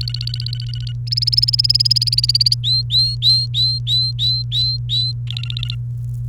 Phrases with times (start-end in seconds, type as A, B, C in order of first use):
0.01-0.92 A, 1.07-2.54 B, 2.63-5.12 C, 5.27-5.75 A